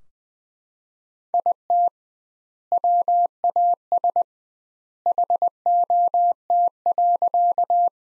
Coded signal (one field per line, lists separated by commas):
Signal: Morse code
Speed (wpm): 20 wpm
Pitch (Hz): 700 Hz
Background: none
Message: IT WAS HOT.